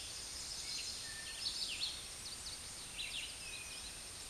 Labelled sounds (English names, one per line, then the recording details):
Red-eyed Vireo song
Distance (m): 30 m
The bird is about 20 m above the microphone
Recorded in a Pennsylvania forest on 16 May 2024 at 08:32
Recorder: AudioMoth, point MSD-0398
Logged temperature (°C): 16.4 °C
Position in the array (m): 165 m, 72 m